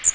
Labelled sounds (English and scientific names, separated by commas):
Magnolia Warbler (Setophaga magnolia) flight call